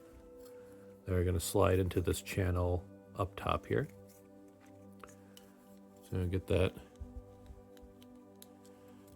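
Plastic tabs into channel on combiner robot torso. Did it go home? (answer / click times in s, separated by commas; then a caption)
no / none. Plastic tabs on a combiner robot toy are lined up with the channel on its torso before being pushed in, while someone talks over background music. Faint plastic handling taps are heard in the second half, and nothing has seated or clicked yet.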